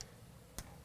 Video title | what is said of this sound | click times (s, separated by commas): GROHE Cut Volume Control Spindles on Rapido SmartBox Installation Video. | and it'll snap in place. | 0.0 s, 0.6 s